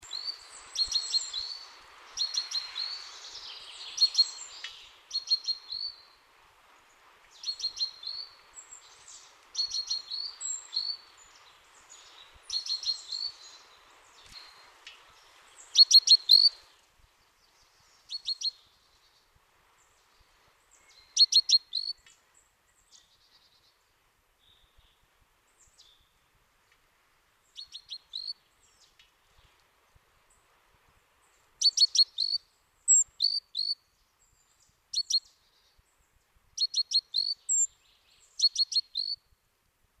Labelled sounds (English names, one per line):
Great Tit call